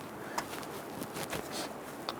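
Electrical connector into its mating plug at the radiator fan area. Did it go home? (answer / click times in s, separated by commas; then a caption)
yes / 2.1 s. An electrical connector is lined up and pushed onto its mating plug at the radiator fan area of a 1994-2004 Ford Mustang during a radiator replacement. Over a steady low background there is a brief tap at 0.4 s, then a short, sharp click at 2.1 s as the connector snaps into place and is seated.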